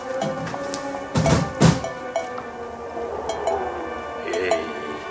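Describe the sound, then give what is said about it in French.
An empty metal saucepan is set down at the foot of a table with a couple of bright clinks, followed by a lingering metallic ring that fades slowly, with a few lighter taps afterward. “La femme Calas dispose la casserole au pied de la table sous l'égouttement du grand Berg.”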